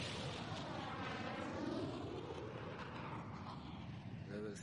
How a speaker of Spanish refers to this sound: De repente oímos un rugido y miré hacia arriba. Y vi la parte de abajo de unos 5 aviones, o incluso 6.